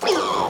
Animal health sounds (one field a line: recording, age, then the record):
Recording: pig call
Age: piglet (1 to 25 days)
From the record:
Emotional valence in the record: positive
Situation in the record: huddling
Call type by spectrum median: low-frequency call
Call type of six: high-frequency stable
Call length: 0.50 s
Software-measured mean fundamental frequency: 180 Hz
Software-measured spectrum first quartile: 545 Hz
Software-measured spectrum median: 1008 Hz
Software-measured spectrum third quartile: 2136 Hz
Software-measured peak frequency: 427 Hz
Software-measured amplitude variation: 93 dB a second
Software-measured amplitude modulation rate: 24.9 a second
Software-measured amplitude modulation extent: 3.7 dB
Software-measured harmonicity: 2.4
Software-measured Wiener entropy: -1.81